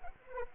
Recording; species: mosquito wingbeat signal from an infrared sensor; Anopheles arabiensis